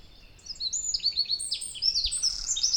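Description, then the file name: Eurasian wren giving a short, dense run of very high, sharp notes and quick downward-sweeping chips. "Troglodytes troglodytes"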